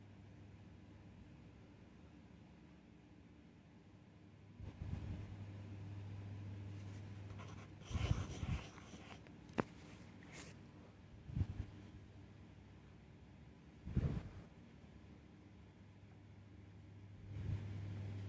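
Page turning and paper handling over a steady low hum that runs throughout. Short rustling bursts arrive every few seconds, near 5, 8, 10, 11.5, 14 and 17.5 seconds, with a busier cluster around 8 seconds and quiet stretches in between.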